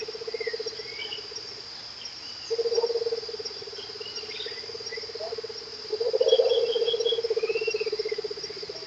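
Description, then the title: Rufous-capped motmot with a low, pulsing purr that swells twice into louder rolling trills, accompanied by faint whistled notes from other birds. "LuckyPassaro Completos2Sama. Rufous-capped Motmot (Baryphthengus ruficapillus)"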